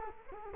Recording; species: mosquito wingbeat signal from an infrared sensor; Culex quinquefasciatus